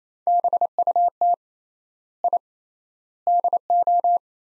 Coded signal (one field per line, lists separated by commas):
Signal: Morse code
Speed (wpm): 28 wpm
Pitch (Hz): 700 Hz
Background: none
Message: BUT I DO